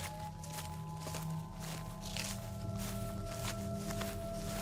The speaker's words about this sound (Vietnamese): Tiếng chân người dẫm lên lá cây lạo xạo vang lên mỗi lúc một gần.